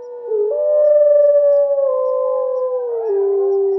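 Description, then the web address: Wolf howl held long and fairly level after a short rise, then dropping to a lower steady tone near the end. "Loup. album abc-de-la-nature"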